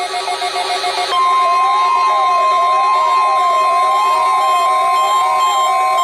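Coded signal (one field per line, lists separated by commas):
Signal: Emergency Alert System (SAME) tones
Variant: 1050 Hz attention tone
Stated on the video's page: Required Weekly Test on NOAA weather radio station KEC60, Milwaukee, Wisconsin.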